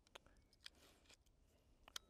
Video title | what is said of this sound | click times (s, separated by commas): SMITH AND WESSON VICTORY REVIEW | put it towards the the rear of the pistol first you can kind of hear it lock down | 2.0 s